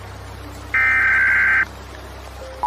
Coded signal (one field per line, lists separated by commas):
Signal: Emergency Alert System (SAME) tones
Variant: header bursts